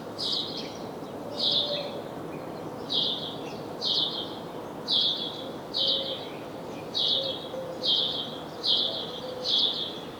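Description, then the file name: House sparrow giving a steady series of short, bright chirps, about one per second, evenly repeated, with soft background noise. "Passer domesticus"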